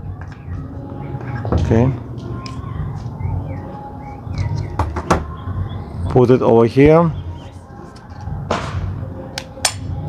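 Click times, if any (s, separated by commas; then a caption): 9.6 s. A JOYROOM bike phone holder (2023) has its handlebar mount clamp placed over the bicycle handlebar and pressed closed while someone talks, with scattered taps and knocks from handling along the way. The clamp clicks onto the bar at 9.7 s, seating it, ready to be tightened.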